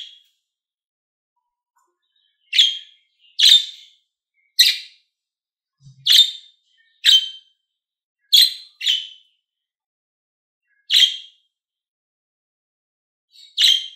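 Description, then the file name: Lovebird calling with repeated harsh, high screeching chirps at uneven intervals. Described as a happy lovebird. "Morgh Eshgh Khoshhal"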